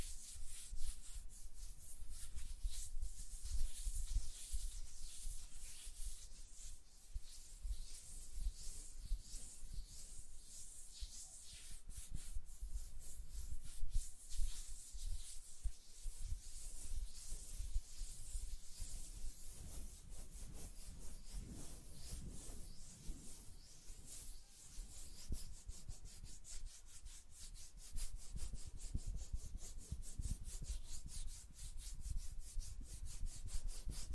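Fingers tap and flutter over nails and hands, making a dense, quick run of soft clicks and rubbing. The sound stays bright and crisp throughout, with small flurries of faster tapping and brief swells in the brushing, and a low steady rumble underneath.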